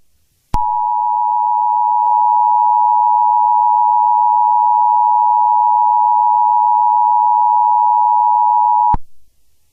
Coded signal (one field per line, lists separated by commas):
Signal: Emergency Alert System (SAME) tones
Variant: 853 and 960 Hz attention tone